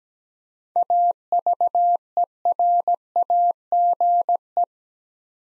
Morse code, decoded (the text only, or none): AVERAGE